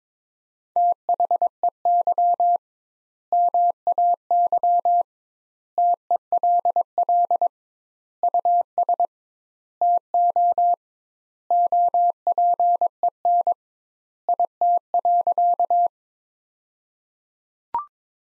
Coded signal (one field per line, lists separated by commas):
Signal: Morse code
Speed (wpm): 22 wpm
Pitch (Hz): 700 Hz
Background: none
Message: THEY MAY TELL US TO OPEN IT.